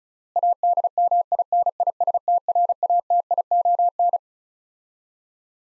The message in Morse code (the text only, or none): ADMINISTRATION